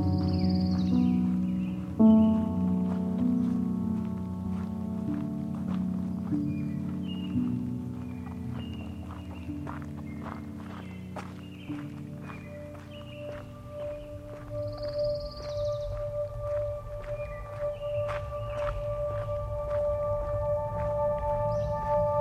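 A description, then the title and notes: An outdoor recording at the foot of Pyramid Mountain on the Patricia Lake Loop Trail. Footsteps tap along irregularly over a low, steady rumble and a sustained tonal hum that shifts pitch around two and twelve seconds. Brief high chirps appear now and then. Soundwalk Season 3: The Canadian Rockies. In Jasper, AB Canada at the foot of Pyramid Mountain on the Patricia Lake Loop Trail.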